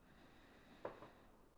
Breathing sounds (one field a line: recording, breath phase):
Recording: one breath near a microphone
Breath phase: inhalation